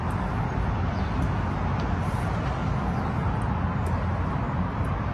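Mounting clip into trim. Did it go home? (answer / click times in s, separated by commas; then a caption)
no / none. A mounting clip is being pushed into the trim during a rear-view camera installation on a 2016 Honda Accord. Only a steady, broadband, rumbling noise, heavy in the low end, is heard, with no distinct hits. Nothing has seated or clicked yet.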